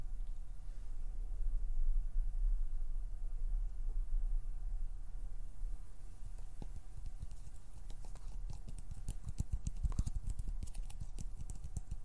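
Fingers pluck, pinch and flutter over a steady low rumble. The first half is mostly the rumble with a few scattered soft clicks; after about six seconds, quick irregular taps and snaps pile up, densest around nine to eleven seconds.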